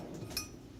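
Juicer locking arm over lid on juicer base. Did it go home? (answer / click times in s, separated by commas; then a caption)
no / none. A juicer's locking arm is handled over the lid on the juicer base, with a brief sharp tick of contact around 0.4 s over low background noise. Nothing has seated or clicked into place yet.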